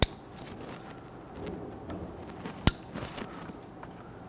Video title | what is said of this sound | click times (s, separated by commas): How to Replace Engine Knock Sensor 2011-2014 Kia Sorento | Push them down. You can hear them click and engage. | 0.0 s, 2.7 s